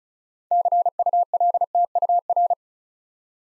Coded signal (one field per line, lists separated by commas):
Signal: Morse code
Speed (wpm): 36 wpm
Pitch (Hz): 700 Hz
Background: none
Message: CULTUR